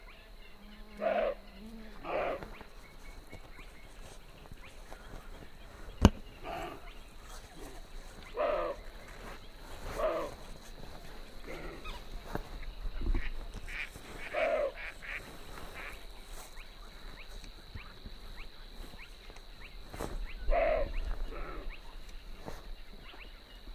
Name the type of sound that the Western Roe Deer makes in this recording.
barking